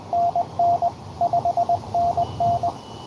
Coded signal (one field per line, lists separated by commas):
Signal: Morse code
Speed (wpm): 22 wpm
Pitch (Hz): 700 Hz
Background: radio noise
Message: NN 5NN